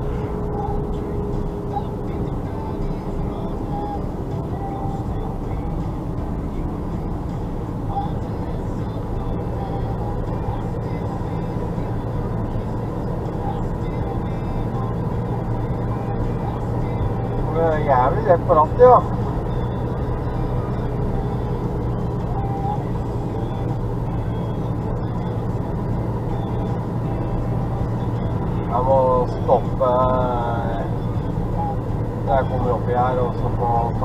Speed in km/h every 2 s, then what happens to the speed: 47, 46, 44, 43, 44, 45, 45, 46, 47, 48, 48, 46, 46, 46, 46, 44, 45.
0-34 steady at about 46.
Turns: none.